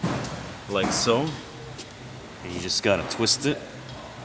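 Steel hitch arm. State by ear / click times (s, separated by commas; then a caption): not seated / none. A power-folding tow ball arm on the rear hitch mount of a Volvo XC90 is twisted by hand after swinging down, moving toward its locked deployed position. Someone talks over faint handling noise. Nothing has seated or locked into place yet.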